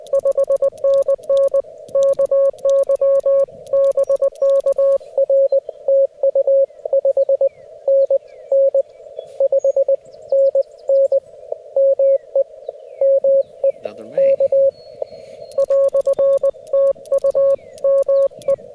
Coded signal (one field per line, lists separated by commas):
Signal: Morse code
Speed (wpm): 20 wpm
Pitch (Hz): 550 Hz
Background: radio noise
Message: 5NN KY BK R TU 5NN 5NN ME ME K "TU ME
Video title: TOUGH CW QRP POTA ACTIVATION @ KY HORSE PARK | FT-891 | ZM-2 | 9:1 EFRW